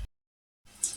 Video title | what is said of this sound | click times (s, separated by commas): TUTORIAL CRIMPING KABEL LAN JENIS STRAIGHT B-B!! | Lanjut tekan sampai bunyi. | 0.8 s